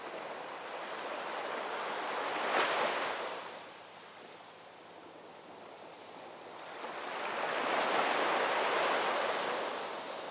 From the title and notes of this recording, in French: Cet épisode vous emmène au bord de l'eau, où le doux va-et-vient des vagues contre le rivage offre un moment de calme et de contemplation.